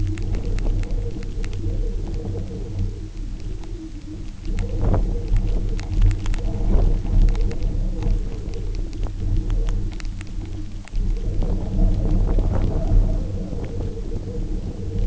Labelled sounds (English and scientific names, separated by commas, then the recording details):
none
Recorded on Arctic tundra, site UTQI-0, on 27 June 2018
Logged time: 04:00